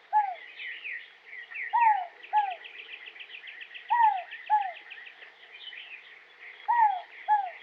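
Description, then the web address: Inca dove calling in twos, short falling coos repeated several times, while other small birds chatter and trill behind. Western North America. "Dan Gibson Wildlife Identification By Sound, Western North America. Inca Dove"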